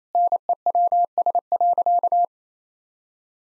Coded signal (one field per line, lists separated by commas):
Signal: Morse code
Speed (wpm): 28 wpm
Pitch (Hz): 700 Hz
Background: none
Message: NEWS.